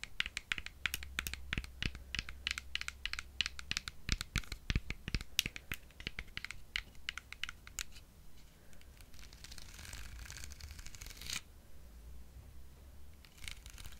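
Quick, irregular tapping fills the first eight seconds with sharp clicks, then gives way to a softer rustling hiss before a few final taps.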